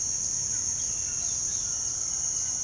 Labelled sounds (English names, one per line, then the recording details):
none
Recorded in pastures near Puerto Asís, Putumayo, Colombia, on 24 June 2025 at 06:30
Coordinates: 0.497, -76.327
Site G040